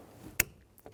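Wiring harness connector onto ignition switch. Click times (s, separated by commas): 0.4 s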